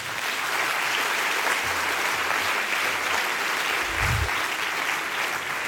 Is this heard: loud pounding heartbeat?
no